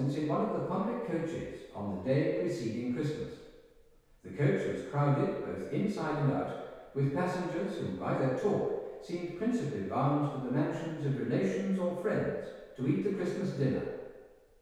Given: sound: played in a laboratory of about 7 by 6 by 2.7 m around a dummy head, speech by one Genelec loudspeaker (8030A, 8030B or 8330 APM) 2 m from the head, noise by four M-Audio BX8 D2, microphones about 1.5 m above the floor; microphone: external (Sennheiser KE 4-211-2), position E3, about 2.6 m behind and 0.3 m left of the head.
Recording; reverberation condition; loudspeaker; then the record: male speech in English; high; 90 degrees to the left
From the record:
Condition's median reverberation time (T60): about 1300 ms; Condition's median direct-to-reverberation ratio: about -4.0 dB